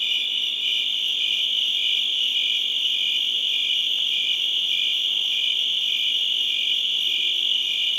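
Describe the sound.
Crickets chirping in a dense, high-pitched chorus: a steady shrill trill with softer pulsed chirps repeating throughout.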